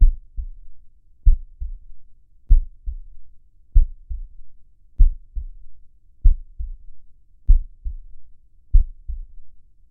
Heartbeat slow.